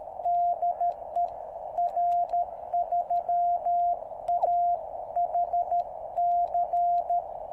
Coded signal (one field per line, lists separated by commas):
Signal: Morse code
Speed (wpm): 13 wpm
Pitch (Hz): 700 Hz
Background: radio noise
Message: DE R3AHC